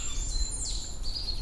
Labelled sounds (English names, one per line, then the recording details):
Stitchbird song
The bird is a male
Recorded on Tiritiri Matangi Island, New Zealand, in 2005
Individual 16, of nest box 24